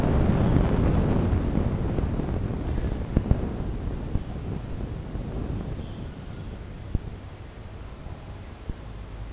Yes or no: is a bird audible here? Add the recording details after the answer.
no. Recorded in dense forest near Puerto Asís, Putumayo, Colombia, on 26 December 2024 at 09:00. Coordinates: 0.468, -76.322. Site G071